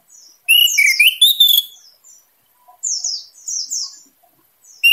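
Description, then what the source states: Orange-headed thrush song: loud bursts of shrill, buzzy, twisting notes, then a pause and a few quick downslurred whistles, with a fresh phrase beginning at the end. Singing style described as 'teler gacor dor', meaning intense, constant singing.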